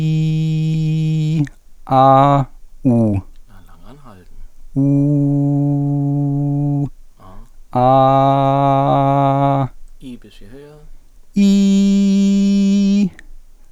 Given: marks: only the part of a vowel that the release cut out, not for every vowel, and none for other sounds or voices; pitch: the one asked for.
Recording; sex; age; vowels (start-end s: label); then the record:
sustained vowels; male; 20 to 29 years
0.00-1.15 s: vowel /i/, low pitch
5.09-6.74 s: vowel /u/, low pitch
7.84-9.49 s: vowel /a/, low pitch
11.58-12.87 s: vowel /i/, high pitch
From the record:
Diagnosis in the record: healthy voice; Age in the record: 21 years